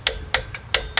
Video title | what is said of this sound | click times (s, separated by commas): 2024 Honda CR-V Hybrid Sport DIY Brake Fluid & Rear Differential Fluid Change - Save Money at Home | Wait for a satisfying click. | 0.1 s, 0.3 s, 0.7 s, 1.0 s